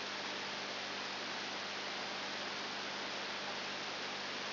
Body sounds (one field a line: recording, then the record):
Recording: brain microelectrode recording played as sound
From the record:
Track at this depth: outside the subthalamic nucleus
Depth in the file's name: 8.5 mm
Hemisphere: left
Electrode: 2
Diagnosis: Parkinson's disease